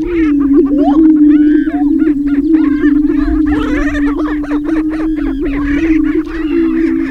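Greater prairie chicken lek sounds, a deep steady boom beneath many overlapping cackling, whooping and yelping calls, loud and continuous.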